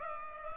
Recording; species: mosquito wingbeat signal from an infrared sensor; Culex pipiens